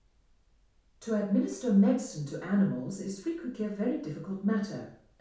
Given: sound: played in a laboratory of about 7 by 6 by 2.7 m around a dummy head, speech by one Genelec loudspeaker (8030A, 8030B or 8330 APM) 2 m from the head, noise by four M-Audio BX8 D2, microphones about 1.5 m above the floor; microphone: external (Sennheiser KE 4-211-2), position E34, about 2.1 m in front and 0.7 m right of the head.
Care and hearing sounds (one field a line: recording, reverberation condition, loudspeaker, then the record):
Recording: female speech in English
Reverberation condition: medium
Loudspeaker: 90 degrees to the right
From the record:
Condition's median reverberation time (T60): about 510 ms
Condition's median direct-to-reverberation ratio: about -0.5 dB